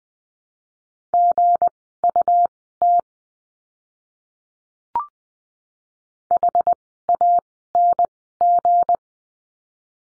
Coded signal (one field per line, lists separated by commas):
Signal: Morse code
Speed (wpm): 20 wpm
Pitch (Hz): 700 Hz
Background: none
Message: GUT HANG